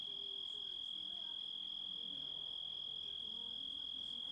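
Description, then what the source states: Grasshopper song as a continuous shrill tone, perfectly steady in pitch and loudness throughout, with no gaps. Composite of grasshopper sounds.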